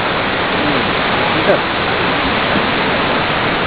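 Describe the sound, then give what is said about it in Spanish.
A waterfall rushes in a steady, unbroken roar of dense white-noise hiss that stays level throughout, with a faint voice breaking through for a moment midway. “Podríamos ir a bañarnos ahí. Linda. ¿Qué pasa si te caís por esa cascada? ¿Te matáis? Creo que sí.”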